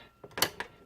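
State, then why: Seated. Refillable plastic ink cartridges from a continuous ink system are pushed down one by one into the carriage of an Epson WF 2630 printer. Light plastic taps are heard, with sharp clicks at 0.4 s and 0.6 s and softer taps around them. The cartridges click and seat in the carriage.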